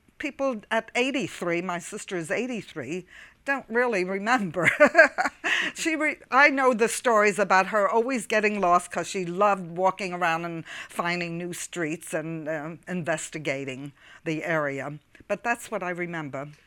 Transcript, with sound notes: People, at eighty-three, my sister is eighty-three, don't really remember. ( she laughs ) I know the stories about her always getting lost, because she loved walking around and finding new streets and investigating the area, but that's what I remember.